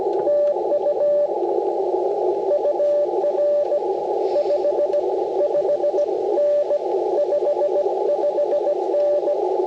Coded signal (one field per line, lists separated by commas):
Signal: Morse code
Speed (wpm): 20 wpm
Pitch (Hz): 590 Hz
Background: radio noise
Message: TU UR 55N 55N